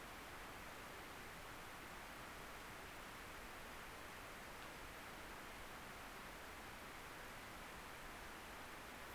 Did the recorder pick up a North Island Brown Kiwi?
no